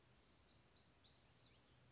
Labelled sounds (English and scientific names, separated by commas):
Black-throated Gray Warbler (Setophaga nigrescens)